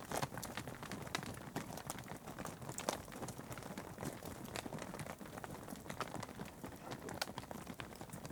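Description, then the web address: Cattle treading on a hard surface: rapid, irregular clicks and knocks throughout over a low background rumble. Cattle on tarmac. "The BBC Sound Effects Library. Cattle on Tarmac"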